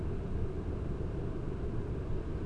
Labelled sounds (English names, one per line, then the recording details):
none
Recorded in Germany
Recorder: ecoPi